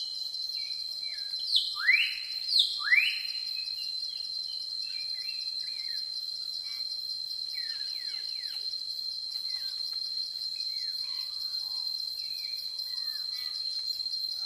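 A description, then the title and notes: Sounds in a forest: a steady, high insect whine runs unbroken through the whole recording. Near the start, around two to three seconds in, a few loud sweeping bird calls stand out, followed by scattered softer chirps and twitters until the end. Sound in the forest.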